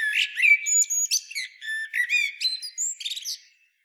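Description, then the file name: Common blackbird pouring out a rapid string of varied whistles, squeaks and slurred notes, loud and busy throughout before stopping abruptly. "Turdus merula"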